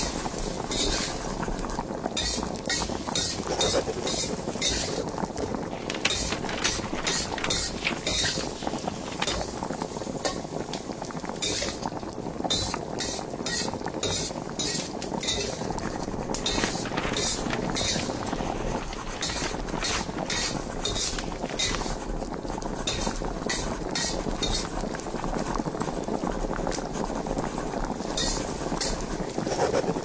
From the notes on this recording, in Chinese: 妈妈在做饭 爸爸在看报 屋里放着老电视广播声 偶尔传来的京剧